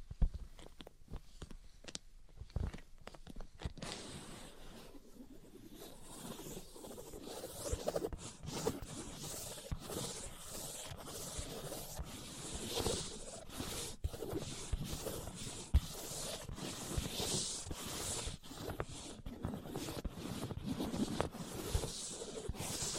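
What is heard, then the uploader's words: Dry tapping and scratching, starting as sparse sharp taps in the first few seconds and then settling into busier, continuous scraping and tracing strokes. Bright, rasping swipes come in quick bursts, with occasional louder clicks cutting through, especially around fourteen and twenty-two seconds. Tapping, Scratching, and Tracing Sounds. (No Talking).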